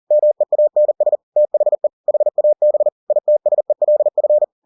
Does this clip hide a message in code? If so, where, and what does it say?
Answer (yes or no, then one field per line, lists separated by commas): yes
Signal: Morse code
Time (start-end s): 0.1-4.4 s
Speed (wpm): 40 wpm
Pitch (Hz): 600 Hz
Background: none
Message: MEANS THE HAB ITSELF